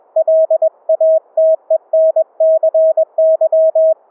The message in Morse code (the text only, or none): LATENCY